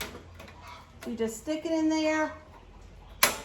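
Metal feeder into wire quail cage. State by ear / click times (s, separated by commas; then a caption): seated / 3.2 s. A metal quail cage feeder is stuck into the opening of a wire quail cage and pushed down. Someone talks, and then a sharp pop at 3.2 seconds marks the feeder snapping into place, fully seated.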